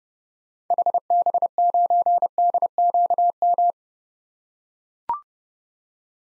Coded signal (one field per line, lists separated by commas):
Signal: Morse code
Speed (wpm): 31 wpm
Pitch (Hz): 700 Hz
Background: none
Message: HB9DQM